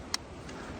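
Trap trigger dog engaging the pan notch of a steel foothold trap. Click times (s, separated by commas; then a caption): 0.1 s. The trigger dog of a steel foothold trap with an offset jaw engages the pan notch as the pan trigger is adjusted down to a hair-trigger setting, giving a single sharp metal click at 0.1 s over a steady low background. The trigger is confirmed seated in the hair-trigger set, with the pan and jaws flat.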